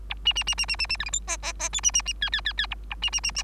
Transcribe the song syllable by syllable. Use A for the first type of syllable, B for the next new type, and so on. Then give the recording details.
A B B B B B B B C D E F F F G B B B H H H H A A B B B B. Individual Bird3